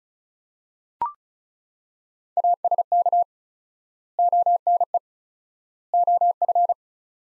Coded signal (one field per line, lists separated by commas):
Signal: Morse code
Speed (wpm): 34 wpm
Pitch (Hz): 700 Hz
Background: none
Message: ASK ONE OF